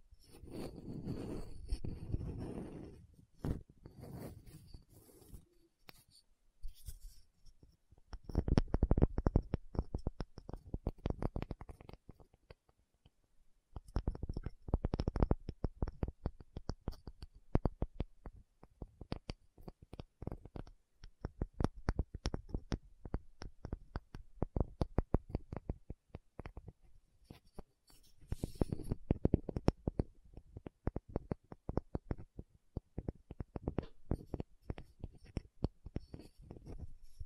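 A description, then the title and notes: Tapping with no talking, made up of quick bursts of dense taps and light clicks that come in clusters separated by short pauses. The rhythm is fast and uneven, with a low, muffled rumbling stretch near the start and again around the thirty-second mark. Tapping Session (No Talking).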